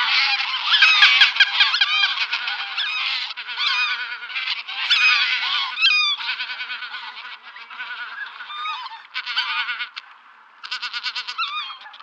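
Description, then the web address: Greater white-fronted goose: geese giving a dense chorus of high, cackling yelps from many birds at once. "Schulze Peter White-fronted Goose"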